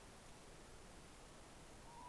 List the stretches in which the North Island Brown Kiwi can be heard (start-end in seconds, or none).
none